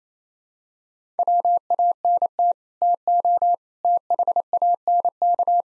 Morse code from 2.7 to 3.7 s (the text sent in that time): TO